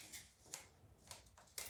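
A plastic cover part of a low-profile 240 V mains power socket on a layout baseboard is handled and pushed onto a fitted rubber gasket. A few short, sharp handling knocks sound at about 0.5, 1.1 and 1.6 seconds over a quiet background. The cover has not clicked into place yet.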